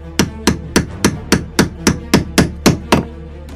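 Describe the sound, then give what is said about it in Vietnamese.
Eleven loud, sharp sledgehammer blows pound sharpened wooden stakes into the earth around a shrine, struck by people working in pairs, in a steady, quick rhythm, each crack ringing briefly before the next, with no voices. “Mấy tiếng búa nện chát chúa vang lên, cọc gỗ cắm xuyên xuống đất hết nửa thân cây cọc”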